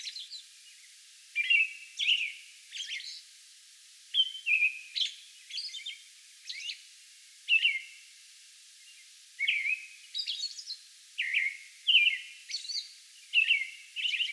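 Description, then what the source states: American robin singing, whistled caroling phrases with thin high squeaks, given in clusters separated by short pauses. Song bout recorded on May 11.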